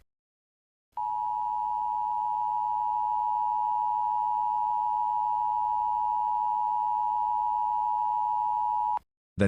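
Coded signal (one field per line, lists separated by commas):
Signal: Emergency Alert System (SAME) tones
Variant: 853 and 960 Hz attention tone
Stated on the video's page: Simulated EAS scenario recorded from a Windows 11 Pro computer.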